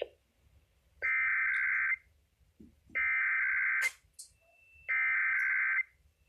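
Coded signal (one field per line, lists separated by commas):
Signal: Emergency Alert System (SAME) tones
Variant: header bursts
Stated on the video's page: Required Weekly Test from the Washington State Emergency Operations Center on NOAA Weather Radio, valid EAS tones.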